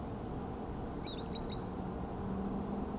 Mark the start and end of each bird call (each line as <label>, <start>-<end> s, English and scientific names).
Green Sandpiper (Tringa ochropus), 1.03-1.60 s